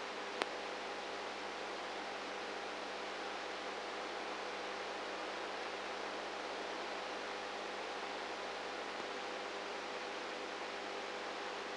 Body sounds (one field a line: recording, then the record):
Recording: brain microelectrode recording played as sound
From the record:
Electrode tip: inside the subthalamic nucleus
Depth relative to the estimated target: -4 mm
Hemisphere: right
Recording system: NeuroSet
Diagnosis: Parkinson's disease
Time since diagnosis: 19 years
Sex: female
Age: 58 years